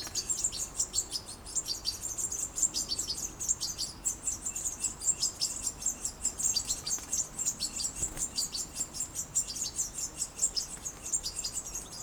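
European goldfinch calls forming an unbroken stream of sharp, high, liquid twitters, fast and even in rhythm.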